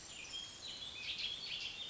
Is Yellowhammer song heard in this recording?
no